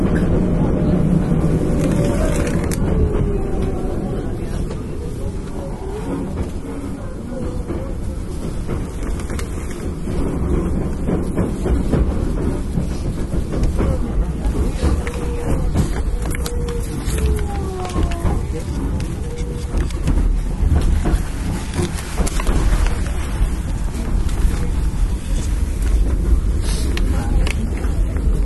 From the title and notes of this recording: 阪急電鉄 9300系電車の走行音です。 京都線の特急列車にて収録しました。 From Kawaramachi (Kyoto) to Umeda (Osaka). Express on Kyoto Line.